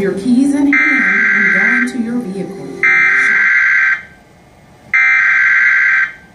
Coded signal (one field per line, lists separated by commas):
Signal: Emergency Alert System (SAME) tones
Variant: header bursts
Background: speech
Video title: ChyTV / EAS Alert Hurricane Demonstration